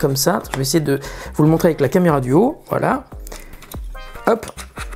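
Someone talks while fitting a camera, with its quick release plate mounted underneath, toward the quick release clamp of a FeiyuTech AK4500 gimbal. Brief sharp handling sounds are heard around 3.3, 3.6 and 3.7 s. Nothing has seated or clicked yet.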